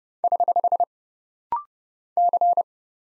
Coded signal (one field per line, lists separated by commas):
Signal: Morse code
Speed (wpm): 29 wpm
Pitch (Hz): 700 Hz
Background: none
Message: <HH> C